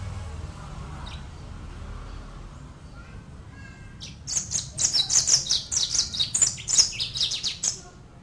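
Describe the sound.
Brimstone canary song: after a few seconds of quiet, a sustained run of rapid, high twittering and trilled notes lasting about four seconds.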